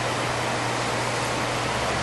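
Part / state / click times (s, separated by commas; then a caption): engine wiring harness connector onto variable valve timing solenoid / not seated / none. An engine wiring harness connector is being pushed back onto the variable valve timing solenoid of a Honda Element 2.4 liter engine after the solenoid bolts are snugged. Only steady broadband noise with a low hum is heard, and nothing has seated or clicked yet.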